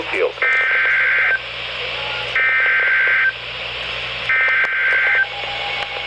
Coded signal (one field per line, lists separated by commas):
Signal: Emergency Alert System (SAME) tones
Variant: header bursts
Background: speech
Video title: Severe Thunderstorm Warning (EAS #1,009) 7/7/17